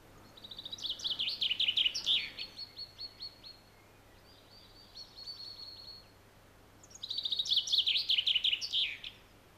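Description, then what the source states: Common Chaffinch song, a descending cascade of bright notes ending in a flourish, given twice with a quieter trill between. Males arrive in early April, a week or two before females, spread out to sing and establish territories as snow melts; sings with beak skyward, body trembling.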